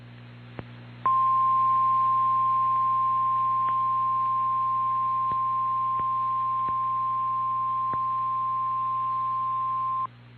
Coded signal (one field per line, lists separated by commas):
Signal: Emergency Alert System (SAME) tones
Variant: 1050 Hz attention tone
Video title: EAS Captures: Tornado Warning for Polk and Mahnomen Counties, Minnesota